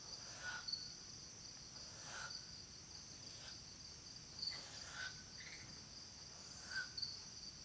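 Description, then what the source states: Hume's owl begging and soliciting calls: repeated raspy hissing bursts, some doubled, with constant cricket buzzing throughout. Begging calls of nestlings and soliciting calls of the female.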